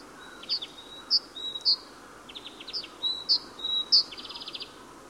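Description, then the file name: Great tit calls: high sharp notes mixed with short buzzy rattling phrases, repeated irregularly throughout over a faint hissy background. "Parus major"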